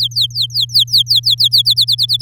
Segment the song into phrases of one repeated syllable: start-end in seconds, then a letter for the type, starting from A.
0.00-1.63 A, 1.65-2.21 B